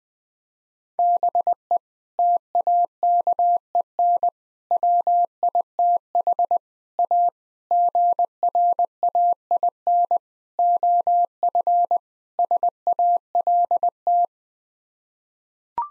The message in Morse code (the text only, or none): BE TAKEN WITH A GRAIN OF SALT